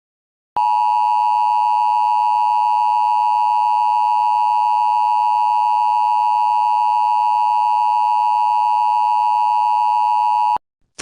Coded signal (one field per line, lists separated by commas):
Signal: Emergency Alert System (SAME) tones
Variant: 853 and 960 Hz attention tone